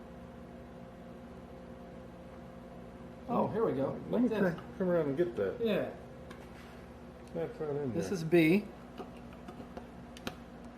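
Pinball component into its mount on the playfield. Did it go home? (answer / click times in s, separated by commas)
yes / 10.3 s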